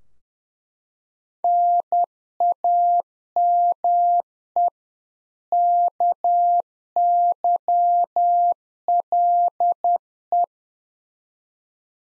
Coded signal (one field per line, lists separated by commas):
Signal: Morse code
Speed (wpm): 10 wpm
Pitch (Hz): 700 Hz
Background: none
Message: NAME KYLE